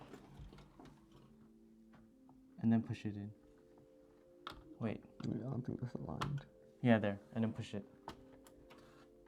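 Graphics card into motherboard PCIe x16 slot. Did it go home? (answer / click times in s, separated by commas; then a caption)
yes / 8.1 s. A graphics card is realigned and pushed down into a motherboard's PCIe x16 slot while two people talk. A sharp click is heard at 8.1 seconds as the slot's retention latch catches, and the card is seated.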